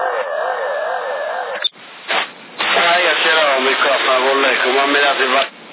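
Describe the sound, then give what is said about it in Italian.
A CB radio transmission from Sassari in 2012, on a Galaxy 98X set at 200 watts with its original microphone, with an echo effect: a thin, band-limited voice over steady hiss, a short break with a couple of static bursts, then the echoey talk resumes. “C'è il piccolo così con l'eco”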